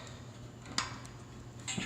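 A license plate light housing with plastic retaining clips is handled at its cut-out in the thinned steel plate of a Move Bumpers rear bumper on a 2005 Chevy Avalanche. A sharp tick is heard at about 0.8 s, followed by a softer, longer rustle from around 1.6 s. Nothing has seated or clicked into place yet.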